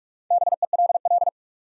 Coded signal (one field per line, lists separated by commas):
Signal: Morse code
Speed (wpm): 44 wpm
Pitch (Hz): 700 Hz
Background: none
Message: BELL